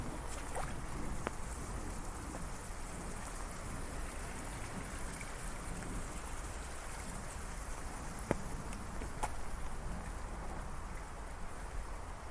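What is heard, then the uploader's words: Heavy rain falls in a dense, steady hiss with a low rumble underneath, broken by a few sharp drip clicks near one, eight and nine seconds. Thunderstorm in the City Ambient ASMR. The rain is falling down heavily and the thunder is echoing in the background.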